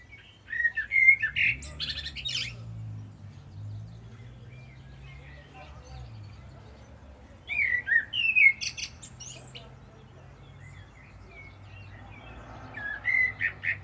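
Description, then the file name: Common blackbird song in three separate bursts of mellow whistled notes with high chattering ends, separated by quiet gaps with a low background hum. "Turdus merula"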